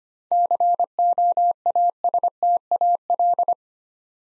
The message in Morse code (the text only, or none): COASTAL